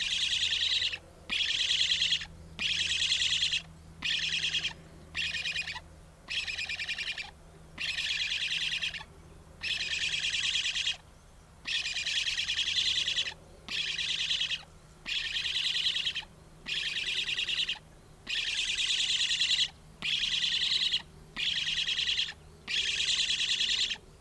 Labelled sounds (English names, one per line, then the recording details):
Black Stork
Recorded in captivity
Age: juvenile
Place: Vogelpark Bad Rothenfelde, Niedersachsen, DE
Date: 1991-09-16 15:08
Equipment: Marantz, Sennheiser ME 80, Kopie Tesla B 116
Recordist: Tembrock, Günter